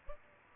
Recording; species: mosquito wingbeat signal from an infrared sensor; Aedes aegypti